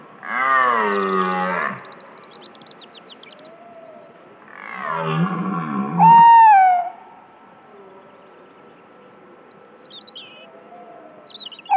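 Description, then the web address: Red deer roaring: a deep, groaning harmonic bellow, then a second, rougher roar. "jagdlehr sound rothirsch"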